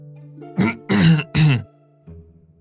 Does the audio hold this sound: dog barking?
no